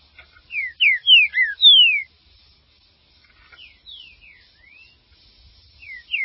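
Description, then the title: Green-winged saltator song: a fast phrase of five strong down-slurred whistles, a pause, then softer falling and rising whistles and a final loud slur. "Trinca Ferro"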